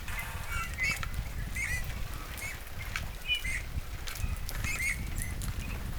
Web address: paivat 13 2 2026 punatulkun tuollaisia sarisevia aania